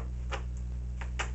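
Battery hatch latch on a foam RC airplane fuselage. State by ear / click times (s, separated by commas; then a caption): seated / 1.0 s. The foam battery hatch on a Flyzone 1230mm F4U Corsair RTF warbird is pressed closed over a steady low hum, with a few faint ticks around it. Its latch snaps home with a sharp, very positive click at 1.0 s, seating the hatch.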